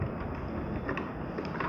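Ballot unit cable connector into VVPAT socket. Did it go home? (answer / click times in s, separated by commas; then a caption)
no / none. A plastic ballot unit cable connector is handled and pressed toward the VVPAT socket over steady broadband background noise, with a few brief knocks of handling near 0.9, 1.0 and 1.6 seconds. The clip ends before the connector goes home, so nothing has seated or clicked yet; the expected double click that confirms the connection is not heard.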